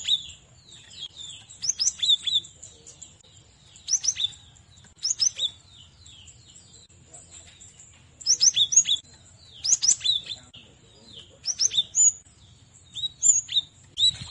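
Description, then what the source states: Cinereous tit giving varied high chirps and quick two-note phrases in irregular bursts, with a constant thin high-pitched hum behind. Masteran training recording used to teach songbirds.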